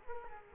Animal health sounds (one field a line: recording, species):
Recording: mosquito wingbeat signal from an infrared sensor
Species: Culex quinquefasciatus